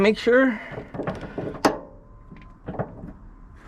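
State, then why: Torque reached. A torque wrench is pulled on a rear subframe bolt of a G37 during the first torque pass, with new aluminum subframe bushing collars fitted. Someone talks at the start, then ratcheting and mechanical sounds lead to a sharp click at 1.6 seconds as the wrench reaches its set torque, followed by a few softer knocks. The click confirms the bolt is torqued to the setting.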